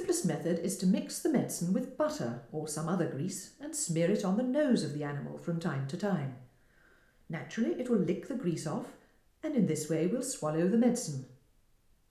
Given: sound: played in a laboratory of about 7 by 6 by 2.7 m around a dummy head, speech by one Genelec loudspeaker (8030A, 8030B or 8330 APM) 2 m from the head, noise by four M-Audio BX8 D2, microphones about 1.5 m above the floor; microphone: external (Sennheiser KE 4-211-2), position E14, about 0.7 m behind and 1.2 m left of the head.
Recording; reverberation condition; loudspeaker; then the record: female speech in English; medium; 90 degrees to the left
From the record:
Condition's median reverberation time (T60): about 510 ms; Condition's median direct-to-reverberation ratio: about -0.5 dB